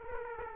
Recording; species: mosquito wingbeat signal from an infrared sensor; Aedes aegypti